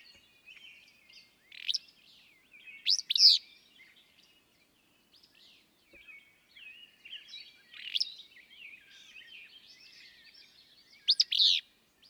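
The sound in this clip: Willow flycatcher song repeated several times, brisk buzzy sneezing phrases every few seconds, woven through a dense chorus of twittering and whistling birds.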